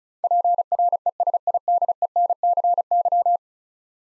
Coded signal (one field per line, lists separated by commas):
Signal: Morse code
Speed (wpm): 36 wpm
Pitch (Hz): 700 Hz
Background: none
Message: PRESIDENCY